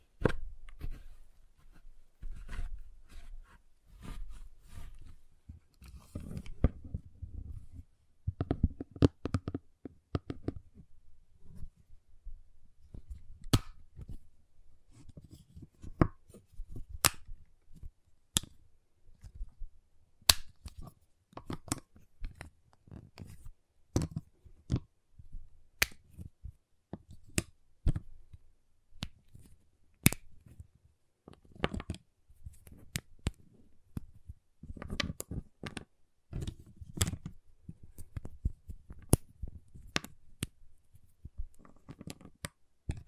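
A giant chocolate bar is tapped, cut and snapped, making a steady run of sharp, crisp clicks and cracks every second or so across the whole clip. Between them come softer low scraping and rustling sounds, with a few louder snaps scattered throughout.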